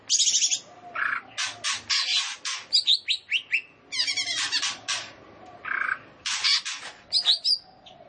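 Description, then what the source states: Leafbird delivering dense, energetic song of mixed whistles, harsh chatters and quick trills with almost no gaps. Indonesian name cucak ijo; described as gacor, singing vigorously.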